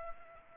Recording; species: mosquito wingbeat signal from an infrared sensor; Aedes aegypti